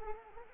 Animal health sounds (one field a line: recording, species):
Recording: mosquito wingbeat signal from an infrared sensor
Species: Culex quinquefasciatus